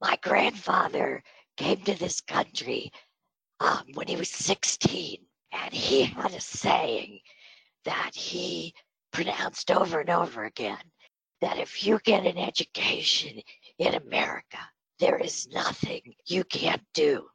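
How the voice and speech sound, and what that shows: An adult woman speaks in short phrases separated by frequent pauses, with a thin, airy, breathy voice and occasional creaky breaks. This fits spasmodic dysphonia treated with Botox (botulinum toxin) injections, which leave her voice breathy.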